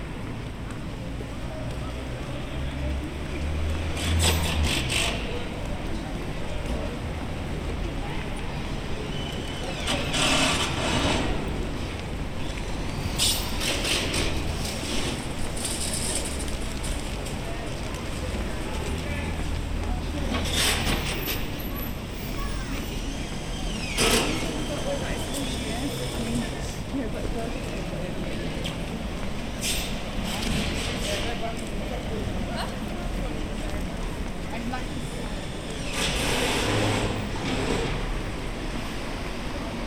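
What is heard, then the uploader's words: A walk across an open city square, with a steady murmur of traffic and low rumble underneath throughout. Voices come and go, and brief bright clatters and footstep-like bursts occur every few seconds, notably around 4, 10, 20, 24 and 36 seconds. We turn 180 degrees and walk across Broadgate, past the towering marble statue of Earl Leofric’s wife. The recordings were captured using a binaural microphone.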